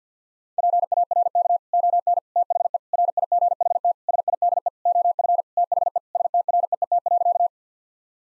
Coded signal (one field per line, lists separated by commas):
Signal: Morse code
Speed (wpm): 50 wpm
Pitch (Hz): 700 Hz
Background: none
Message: PARK ON THE RIGHT SIDE OF THE STREET.